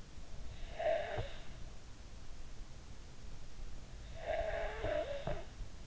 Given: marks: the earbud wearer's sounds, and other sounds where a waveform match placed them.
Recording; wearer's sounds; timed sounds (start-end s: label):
sounds in sleep by an in-ear microphone; snoring breath
0.36-1.89 s: snoring breath
4.08-5.87 s: snoring breath